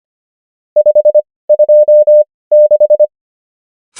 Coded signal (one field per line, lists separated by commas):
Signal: Morse code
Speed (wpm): 25 wpm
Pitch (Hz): 600 Hz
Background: none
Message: 526